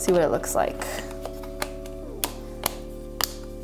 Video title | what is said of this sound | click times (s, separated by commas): ROCK iPhone 7 Case Pickups! - January Favorites! | it on the phone just like that snaps right in | 2.2 s, 2.7 s, 3.2 s